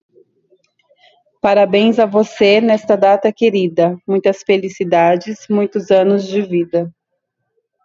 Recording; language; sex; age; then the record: short text; Brazilian Portuguese; female; 30 to 39 years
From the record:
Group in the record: control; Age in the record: 34 years